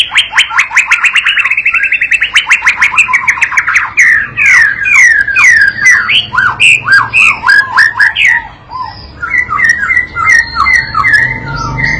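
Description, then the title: White-rumped shama song opening with a fast rattling trill of repeated notes, then a string of clear, swooping whistled phrases that drop and rise. Tutor recording (masteran pancingan) for teaching a young bird (paud) to sing persistently (gacor) and answer straight away. "MURAI BATU PAUD BELAJAR GACOR, AJARI DENGAN MASTERAN PANCINGAN INI, PANCING LANGSUNG NYAUT"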